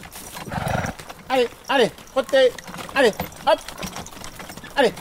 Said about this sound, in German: Die Esel Ulysse und Annabelle, Großvater und Enkelin, ziehen uns. Manchmal auch nicht. Annabelle neckt ihren Opa gern und hindert ihn daran, weiterzugehen.